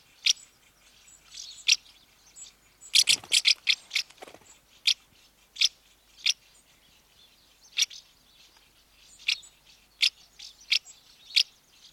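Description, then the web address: House martin calling with sharp chirrups spaced irregularly, a brief burst of rapid twittering and a low rushing sound near the three-second mark. Female calling at the nest entrance. "BBC House Martins"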